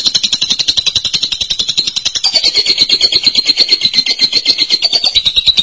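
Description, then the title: Lovebird chattering song: a fast, continuous stream of high, scratchy buzzing notes, rising into a brighter, steadier squeaky trill halfway through. "BM Suara Burung Lovebird"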